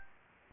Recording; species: mosquito wingbeat signal from an infrared sensor; Anopheles gambiae